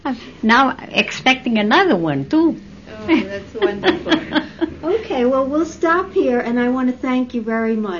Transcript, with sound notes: Now, expecting another one, two. ( she laughs )
Oh, that's wonderful. Okay. Well, we'll stop here, and I want to thank you very much.